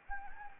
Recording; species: mosquito wingbeat signal from an infrared sensor; Anopheles gambiae